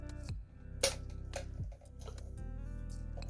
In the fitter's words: there it snaps into place right here these wires go right here